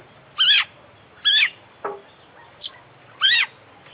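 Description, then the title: Oriental magpie-robin song: short whistled, warbling phrases sliding between low and high pitch, three clear bursts plus one brief downward note. International champion kacer from Indonesian songbird contests, singing vigorously (gacor) with its full isian repertoire, used for training other birds. "Kicau Mania - Full Isian Juara Internasional Burung KACER Gacor"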